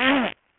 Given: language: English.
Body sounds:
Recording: throat vibration sensor signal played as sound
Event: throat clearing

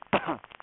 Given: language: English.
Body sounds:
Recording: throat vibration sensor signal played as sound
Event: cough

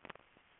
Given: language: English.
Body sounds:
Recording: throat vibration sensor signal played as sound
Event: swallow

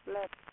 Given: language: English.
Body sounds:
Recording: throat vibration sensor signal played as sound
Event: speech

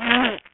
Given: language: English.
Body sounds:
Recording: throat vibration sensor signal played as sound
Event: throat clearing

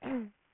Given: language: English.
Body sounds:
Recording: throat vibration sensor signal played as sound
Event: throat clearing

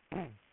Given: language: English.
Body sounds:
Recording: throat vibration sensor signal played as sound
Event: throat clearing

